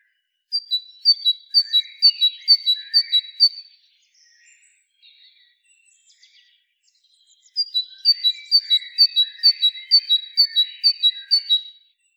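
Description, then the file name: Great tit singing a quick see-saw of two clear whistled notes, repeated in two bursts separated by a quiet gap with faint twittering. "Parus major"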